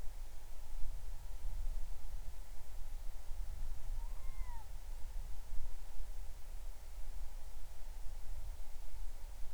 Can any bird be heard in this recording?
yes